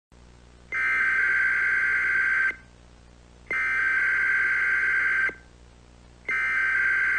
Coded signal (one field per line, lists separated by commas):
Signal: Emergency Alert System (SAME) tones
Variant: header bursts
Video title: EAS for Perpheads Halloween Event 2025